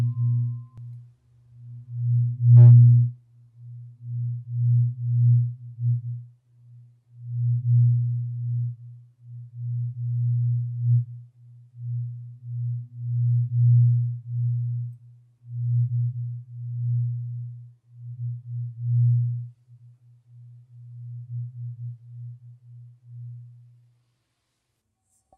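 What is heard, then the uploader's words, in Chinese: A low, pure hum from a singing bowl or tuning fork swells and fades in uneven pulses, a faint higher overtone riding above it. A short tap rings out near three seconds, and the tone thins and stops shortly before the end. 沉浸式音叉·水晶杯·颂钵。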